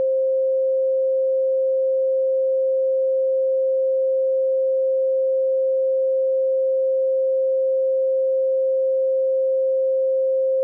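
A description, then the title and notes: A pure 528 Hz tone sounds without a break for the full eleven seconds. Its pitch and loudness stay perfectly constant, a single clean mid-range note with no overtones, pulses or background sounds, starting and stopping abruptly at the edges. 528 Hz Solfeggio Frequency.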